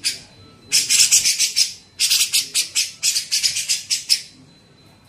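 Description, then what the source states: Grey-cheeked bulbul calling in two bursts of gritty, buzzing notes delivered quickly. Masteran training recording made for teaching songbirds; Indonesian name cucak jenggot.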